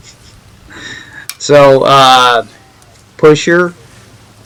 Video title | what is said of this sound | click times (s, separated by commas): How to replace a Chevrolet Malibu Purge Valve. 2008 -2013 ecotec 2.4 p0442 p0443 | push your electric you heard that snap when it went in that's what you're listening for | 1.3 s